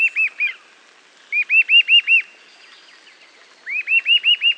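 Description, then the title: Eastern Sirystes calling in rapid clipped series of arched whistled notes, three bursts of three to six notes each, separated by short pauses. Nominate subspecies Sirystes sibilator sibilator. "LuckyPassaro Completos2Sama. Eastern Sirystes (Sirystes sibilator sibilator)"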